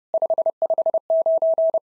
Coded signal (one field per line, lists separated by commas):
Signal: Morse code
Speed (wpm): 26 wpm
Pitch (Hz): 650 Hz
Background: none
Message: 559